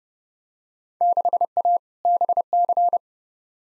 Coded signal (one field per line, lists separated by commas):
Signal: Morse code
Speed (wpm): 30 wpm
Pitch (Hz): 700 Hz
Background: none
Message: 6A BC